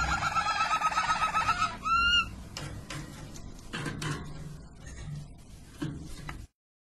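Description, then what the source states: Harz Roller canary with a fast rolling trill, a brief louder whistled phrase, then scattered soft clicks before silence. Belgian Harz Roller canary song.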